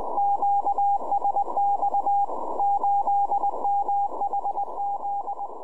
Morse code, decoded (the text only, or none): QSX 8MHZ